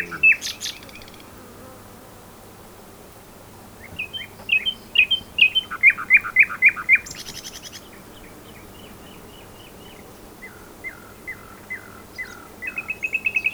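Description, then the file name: Common nightingale song: a brief high burst, then after a pause a run of loud, fast repeated notes, ending in scattered chirps and a rapid rattle. "Luscinia megarhynchos"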